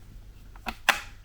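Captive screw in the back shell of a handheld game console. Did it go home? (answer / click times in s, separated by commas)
released / 0.9 s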